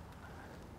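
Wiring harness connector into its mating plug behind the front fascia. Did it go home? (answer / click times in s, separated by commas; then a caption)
no / none. A wiring harness connector is handled at its mating plug behind the front fascia on the side of a 2020 Buick Envision as the fascia is reinstalled during a Roadmaster crossbar-style base plate kit setup. The clip holds a steady, even background noise with no distinct transients. Nothing has seated or clicked yet.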